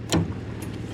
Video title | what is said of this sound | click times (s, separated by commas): tricky to get call and many more | and you can lock it all the way in | 0.1 s